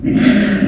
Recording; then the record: squeal of a Yucatan mini pig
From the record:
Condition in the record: after surgery on the right vocal fold (resection and tissue-engineered implant); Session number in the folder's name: 3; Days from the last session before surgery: 21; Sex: female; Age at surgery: 19 weeks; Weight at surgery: 25 kg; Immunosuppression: prednisolone